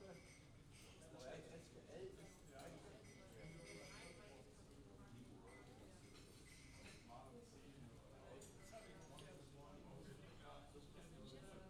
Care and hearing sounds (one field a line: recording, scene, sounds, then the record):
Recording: everyday scene through a hearing-aid microphone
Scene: many people talking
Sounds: many voices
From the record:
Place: university cafeteria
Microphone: in the ear canal, left